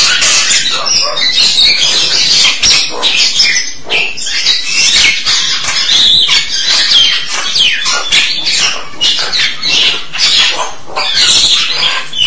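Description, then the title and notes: Starling pouring out a restless jumble of squeaks, crackles and scratchy warbles, loud and nearly unbroken from start to finish. "suara burung jalak"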